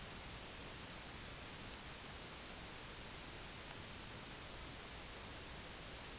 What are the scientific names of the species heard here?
none